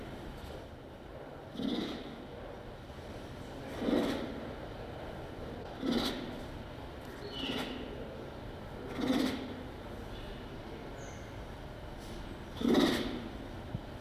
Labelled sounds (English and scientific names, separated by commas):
Tiger (Panthera tigris)